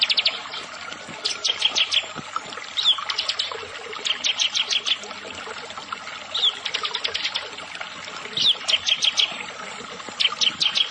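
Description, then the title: Bar-winged prinia song in repeated bursts of sharp, high, rapidly repeated notes. "Ciblek Sawah"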